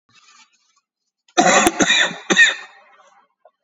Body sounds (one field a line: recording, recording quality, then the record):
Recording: heavy voluntary cough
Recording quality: excellent, no background noise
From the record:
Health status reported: exposed to COVID-19, no respiratory illness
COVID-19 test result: negative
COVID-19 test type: RT-PCR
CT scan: taken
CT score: 2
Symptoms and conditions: cough, cold, diabetes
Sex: male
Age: 46 years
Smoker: no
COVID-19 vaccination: one dose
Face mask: worn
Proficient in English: yes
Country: India